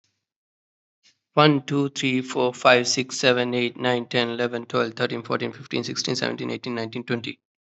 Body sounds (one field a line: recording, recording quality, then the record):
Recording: counting at a fast pace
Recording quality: excellent, no background noise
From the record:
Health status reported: healthy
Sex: male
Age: 34 years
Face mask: not worn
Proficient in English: yes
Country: India